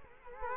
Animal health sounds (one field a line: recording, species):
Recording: mosquito wingbeat signal from an infrared sensor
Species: Culex quinquefasciatus